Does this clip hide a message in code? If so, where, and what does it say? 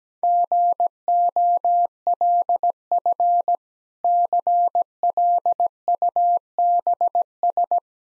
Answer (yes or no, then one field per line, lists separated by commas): yes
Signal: Morse code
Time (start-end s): 0.2-7.8 s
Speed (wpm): 17 wpm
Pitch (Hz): 700 Hz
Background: none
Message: GOLF CLUBS